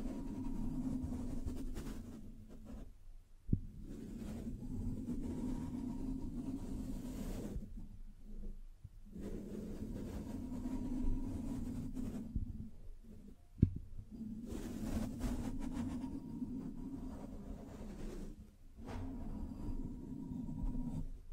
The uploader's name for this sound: Scratching, Tracing, Tapping